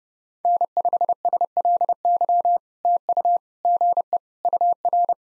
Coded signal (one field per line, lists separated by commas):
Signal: Morse code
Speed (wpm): 30 wpm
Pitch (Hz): 700 Hz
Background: none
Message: N5SLY TU GE UR